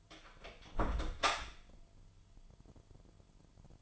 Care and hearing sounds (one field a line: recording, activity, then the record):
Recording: daily activity, microphone in the room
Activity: close door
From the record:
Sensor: 5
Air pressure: 998.5 hPa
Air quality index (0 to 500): 81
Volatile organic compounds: 1 ppm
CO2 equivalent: 927 ppm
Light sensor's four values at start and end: 34/82/34/38 and 34/82/34/37